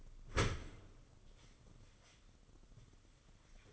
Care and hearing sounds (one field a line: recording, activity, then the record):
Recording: daily activity, microphone in the room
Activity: open dishwasher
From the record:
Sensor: 4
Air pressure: 995.3 hPa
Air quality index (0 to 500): 212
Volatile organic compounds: 234 ppm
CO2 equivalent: 4318 ppm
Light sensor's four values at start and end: 35/107/40/45 and 35/108/41/46